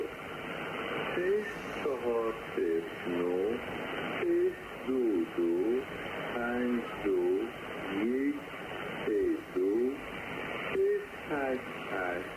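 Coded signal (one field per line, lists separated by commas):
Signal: numbers station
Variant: Farsi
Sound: a voice reading short words at a steady, even pace over noisy shortwave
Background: radio static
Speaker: They're sending that out probably as secret messages to their spies.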